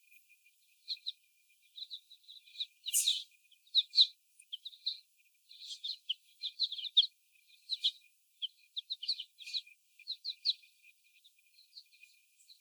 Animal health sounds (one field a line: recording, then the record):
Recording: young laying hens in a cage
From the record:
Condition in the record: before the stressor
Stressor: sudden umbrella opening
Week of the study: 1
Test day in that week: 1